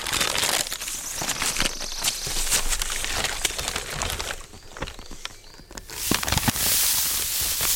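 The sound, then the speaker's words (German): A bag, the heavier one holding the dead dog Jimmy for burial, is handled and shifted about, giving steady crinkling and rustling with sharp crackly bursts, loud throughout with a brief quieter stretch toward the end. “Ist das die Tüte mit Jimmy? Ja, die schwerere.”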